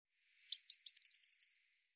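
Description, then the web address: Eurasian blue tit call: short scratchy notes leading into a rapid trill of clipped pulses, about one second long with silence around it. "cianscape birddata Deverinetal 2025 File cleaned normalized Bird Cy Ca"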